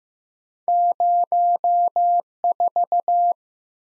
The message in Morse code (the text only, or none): 04